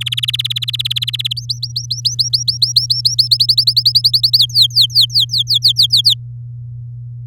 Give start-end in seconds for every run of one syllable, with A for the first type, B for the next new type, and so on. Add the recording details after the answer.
0.01-1.33 A, 1.37-3.28 B, 3.31-4.38 C, 4.38-6.14 D. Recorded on 8 May 2018 at 08:46. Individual llb16